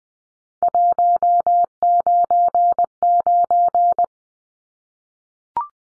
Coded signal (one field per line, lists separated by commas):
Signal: Morse code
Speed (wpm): 20 wpm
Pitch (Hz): 700 Hz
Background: none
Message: 199